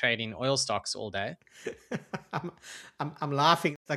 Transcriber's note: laughs